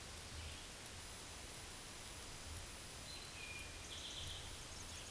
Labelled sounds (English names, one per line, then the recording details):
Eastern Towhee song
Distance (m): 65 m
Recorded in a Pennsylvania forest on 17 May 2023 at 13:16
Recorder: AudioMoth, point grid1_30_low
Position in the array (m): 120 m, 85 m